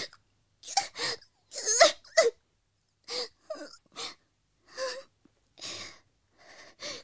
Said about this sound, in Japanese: おろろ、泣いちゃったよ。ひょっとして嘘泣き？ マジで泣いてんのよ。ちょっと、どうしたの？